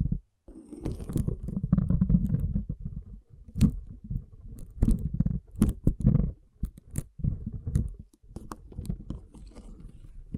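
Water beads being squished and rolled, giving a thick, low, wet churning that swells and fades in uneven bursts. Sharp little clicks and pops snap out of it every second or so. The churning drops out briefly a few times, near the start and around three, seven and eight seconds.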